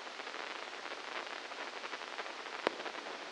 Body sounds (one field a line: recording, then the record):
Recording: brain microelectrode recording played as sound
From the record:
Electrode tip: inside the subthalamic nucleus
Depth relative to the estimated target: -3 mm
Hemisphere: left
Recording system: NeuroSet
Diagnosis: Parkinson's disease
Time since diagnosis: 15 years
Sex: female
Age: 59 years